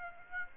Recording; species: mosquito wingbeat signal from an infrared sensor; Aedes aegypti